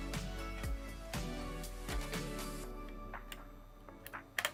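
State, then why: Seated. With music playing in the background, a tool-less component is pushed into a Phanteks G500a PC case after the builder works out how the mechanism fits. It snaps home with a sharp double click at 4.4 and 4.5 seconds, seating cleanly in place.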